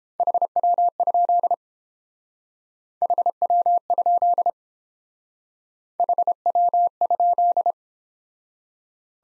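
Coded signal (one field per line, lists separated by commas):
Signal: Morse code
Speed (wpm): 28 wpm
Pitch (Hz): 700 Hz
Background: none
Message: HW? HW? HW?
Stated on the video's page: Morse practice set in speed-racing format, starting fast and slowing to a 22 wpm base speed, with the top speed 1.5 times the base and a final repeat at maximum speed.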